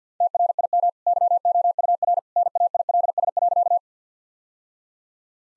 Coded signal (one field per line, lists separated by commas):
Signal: Morse code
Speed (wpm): 50 wpm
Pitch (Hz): 700 Hz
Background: none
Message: TRIM YOUR NAILS.